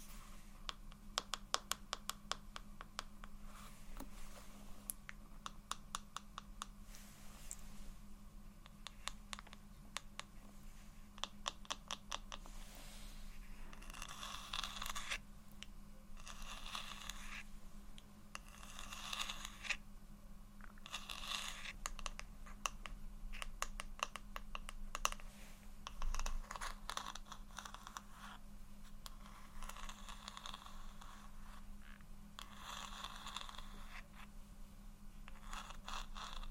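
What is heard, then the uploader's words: Soft tapping and scratching sound. Quick clusters of light taps come early on and return near the middle, while longer rasping scratches fill the stretches between. A steady low hum runs underneath throughout. ASMR Low Light SoftGentle Tapping & Scratching For Sleep (No Talking).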